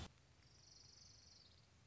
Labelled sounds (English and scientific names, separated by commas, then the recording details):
Orange-crowned Warbler (Leiothlypis celata)
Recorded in Sonoma County, California